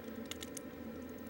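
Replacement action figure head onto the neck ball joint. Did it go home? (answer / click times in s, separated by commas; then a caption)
no / none. A replacement plastic head is pushed onto the neck ball joint of a NECA Gears of War 2 Series 4 Theron Disguise Dom action figure. Three short, sharp plastic ticks are heard at about 0.3, 0.4 and 0.6 s over a steady low background hum. The head has not yet snapped into place; nothing has seated.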